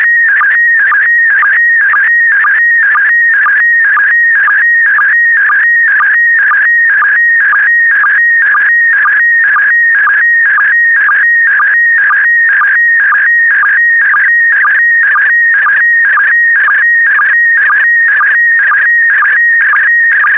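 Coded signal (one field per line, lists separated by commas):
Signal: SSTV (slow-scan television)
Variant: PD120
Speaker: 5, 4, 3, 2, 1. Transmission complete. You can now check your decoded image against the picture that is shown on the video.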